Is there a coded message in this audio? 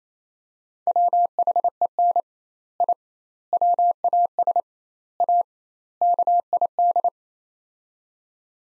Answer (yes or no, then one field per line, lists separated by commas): yes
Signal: Morse code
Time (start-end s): 0.9-7.1 s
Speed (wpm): 27 wpm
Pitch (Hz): 700 Hz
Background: none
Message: WHEN I WAS A KID